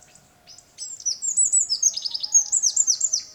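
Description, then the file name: Eurasian wren song: a fast, loud cascade of high ticking trills that holds for over two seconds, preceded by a few soft notes. "Troglodytes troglodytes"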